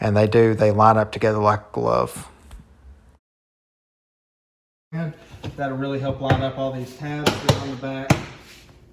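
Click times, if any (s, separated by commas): none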